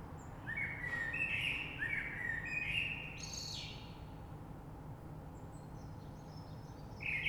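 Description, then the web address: Common blackbird giving a fluty warbled phrase ending in a high scratchy twitter, then quiet with faint bird notes and steady low noise. Recorded 3 March 2020. "oiseaux Rush Merle 3-3-2020"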